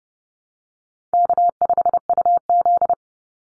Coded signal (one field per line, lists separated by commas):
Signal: Morse code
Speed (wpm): 30 wpm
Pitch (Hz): 700 Hz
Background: none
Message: K5UZ